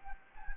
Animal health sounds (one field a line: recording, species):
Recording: mosquito wingbeat signal from an infrared sensor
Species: Anopheles gambiae